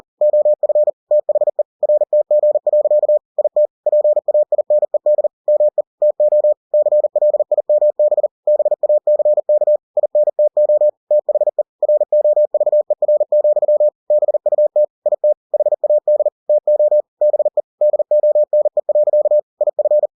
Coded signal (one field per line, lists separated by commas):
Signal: Morse code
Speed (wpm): 40 wpm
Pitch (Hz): 600 Hz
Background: none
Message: OF THE RTG. IT PAINED ME TO CLIMB BACK INTO THE ROVER, BUT IT HAD TO BE DONE. IF